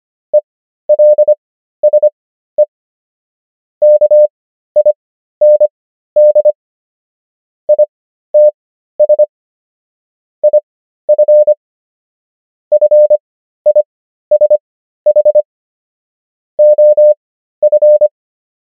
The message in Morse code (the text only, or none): ELSE KIND ITS IF FISH OF